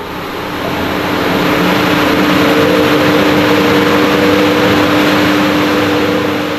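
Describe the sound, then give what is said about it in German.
The cooling system fans of the Svalbard Global Seed Vault on Spitsbergen swell up within the first half second into a loud, steady roar, a dense wash of air noise with a faint humming tone running through it. No one speaks. “Plötzlich beginnen die Ventilatoren der Kühlanlage zu toben.”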